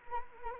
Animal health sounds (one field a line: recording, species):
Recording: mosquito wingbeat signal from an infrared sensor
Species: Anopheles arabiensis